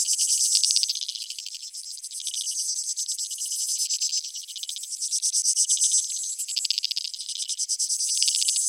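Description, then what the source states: Dense chorus of insects, high rattling pulses layered together, swelling and easing in loudness. Field recording from Australia or Portugal, 2011, of creek insects, used in a collaborative soundwork; some recordings unaltered, others processed.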